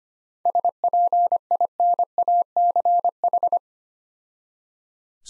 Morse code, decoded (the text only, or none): SPINACH